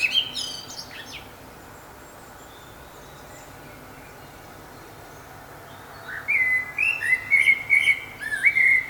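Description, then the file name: Common blackbird song: a brief faint phrase at the start, a long pause, then a clear fluted phrase in the last third of several mellow whistled notes stepping up and down. "Turdus merula"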